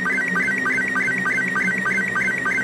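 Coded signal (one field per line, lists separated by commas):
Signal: SSTV (slow-scan television)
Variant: Robot 72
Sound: warbling tones chirping steadily, a brief low blip about three times per second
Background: low hum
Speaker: this picture and this phone is decoding this picture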